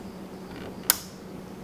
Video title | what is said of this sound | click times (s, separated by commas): Brother SQ9285- Bobbin and Upper Thread | until you hear that click that lets you know that your plastic bobbin is on your spindle correctly | 0.9 s